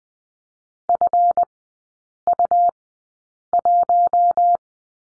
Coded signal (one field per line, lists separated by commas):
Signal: Morse code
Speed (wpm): 20 wpm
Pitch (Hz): 700 Hz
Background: none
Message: FU1